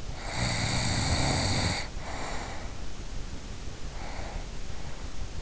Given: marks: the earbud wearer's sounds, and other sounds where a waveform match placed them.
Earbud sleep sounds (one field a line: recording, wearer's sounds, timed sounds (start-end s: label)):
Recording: sounds in sleep by an in-ear microphone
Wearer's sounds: snoring breath, breath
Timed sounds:
0.10-3.02 s: snoring breath
3.84-5.36 s: breath